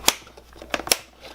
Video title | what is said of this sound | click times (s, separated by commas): QDH Food Vacuum Sealer | You'll hear it click in place on both sides. | 0.1 s, 0.9 s